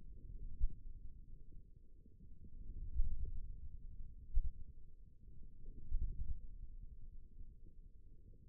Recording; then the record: forearm muscle sounds (acoustic myography)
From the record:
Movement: forearm supination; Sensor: system 1, eight BSWA MPA416 microphones around the upper forearm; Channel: 4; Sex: male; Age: 28 years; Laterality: right